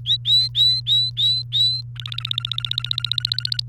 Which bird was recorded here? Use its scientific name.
Serinus canaria